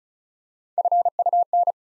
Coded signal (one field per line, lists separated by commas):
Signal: Morse code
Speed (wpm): 36 wpm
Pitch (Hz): 700 Hz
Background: none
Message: FUN